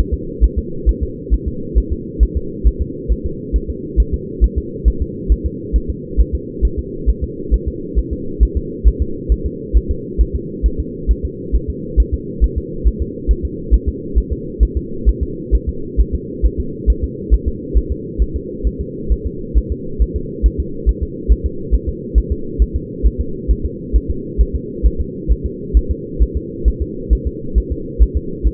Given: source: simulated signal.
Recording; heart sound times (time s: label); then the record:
fetal heart sounds
0.13 s: S2
0.44 s: S1
0.58 s: S2
0.89 s: S1
1.03 s: S2
1.34 s: S1
1.48 s: S2
1.78 s: S1
1.92 s: S2
2.23 s: S1
2.37 s: S2
2.67 s: S1
2.81 s: S2
3.12 s: S1
3.26 s: S2
3.56 s: S1
3.70 s: S2
4.00 s: S1
4.14 s: S2
4.44 s: S1
4.58 s: S2
4.88 s: S1
5.02 s: S2
5.32 s: S1
5.46 s: S2
5.76 s: S1
5.90 s: S2
6.20 s: S1
6.35 s: S2
6.65 s: S1
6.79 s: S2
7.09 s: S1
7.24 s: S2
7.54 s: S1
7.68 s: S2
7.99 s: S1
8.13 s: S2
8.43 s: S1
8.57 s: S2
8.88 s: S1
9.02 s: S2
9.32 s: S1
9.46 s: S2
9.77 s: S1
9.91 s: S2
10.21 s: S1
10.35 s: S2
10.66 s: S1
10.80 s: S2
11.11 s: S1
11.25 s: S2
11.55 s: S1
11.70 s: S2
12.00 s: S1
12.14 s: S2
12.44 s: S1
12.58 s: S2
12.88 s: S1
13.02 s: S2
13.31 s: S1
13.45 s: S2
13.74 s: S1
13.88 s: S2
14.18 s: S1
14.32 s: S2
14.63 s: S1
14.77 s: S2
15.09 s: S1
15.23 s: S2
15.55 s: S1
15.69 s: S2
16.00 s: S1
16.15 s: S2
16.45 s: S1
16.60 s: S2
16.90 s: S1
17.04 s: S2
17.34 s: S1
17.48 s: S2
17.77 s: S1
17.92 s: S2
18.22 s: S1
18.36 s: S2
18.67 s: S1
18.81 s: S2
19.12 s: S1
19.26 s: S2
19.57 s: S1
19.72 s: S2
20.02 s: S1
20.16 s: S2
20.46 s: S1
20.60 s: S2
20.89 s: S1
21.03 s: S2
21.32 s: S1
21.46 s: S2
21.74 s: S1
21.89 s: S2
22.18 s: S1
22.32 s: S2
22.62 s: S1
22.76 s: S2
23.06 s: S1
23.21 s: S2
23.51 s: S1
23.65 s: S2
23.96 s: S1
24.10 s: S2
24.41 s: S1
24.55 s: S2
24.86 s: S1
25.00 s: S2
25.32 s: S1
25.46 s: S2
25.77 s: S1
25.91 s: S2
26.22 s: S1
26.37 s: S2
26.68 s: S1
26.82 s: S2
27.13 s: S1
27.27 s: S2
27.58 s: S1
27.72 s: S2
28.02 s: S1
28.17 s: S2
28.47 s: S1
From the record:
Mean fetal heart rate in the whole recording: 135 bpm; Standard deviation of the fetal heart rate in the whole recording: 3 bpm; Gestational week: 34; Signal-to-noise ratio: -4.3 dB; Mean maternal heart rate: 72 bpm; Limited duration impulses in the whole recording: absent